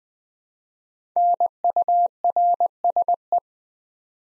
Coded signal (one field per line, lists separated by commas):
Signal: Morse code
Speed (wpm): 20 wpm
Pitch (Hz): 700 Hz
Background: none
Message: NURSE